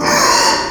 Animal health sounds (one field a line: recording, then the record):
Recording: squeal of a Yucatan mini pig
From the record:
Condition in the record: before surgery on the right vocal fold (resection and tissue-engineered implant)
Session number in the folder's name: 1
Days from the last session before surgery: -3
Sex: male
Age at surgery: 12 weeks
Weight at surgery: 13 kg